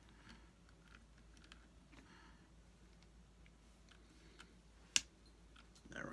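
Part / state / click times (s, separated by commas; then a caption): plastic brake caliper part on an RC truck axle/hub / seated / 5.0 s. While brake calipers and wheels are fitted to a Sweet Tooth RC truck chassis, a plastic brake caliper part on the axle hub is pushed until it snaps into place. After quiet handling noise, one loud, sharp click at 5.0 s seats the part, followed by a softer rustle near the end.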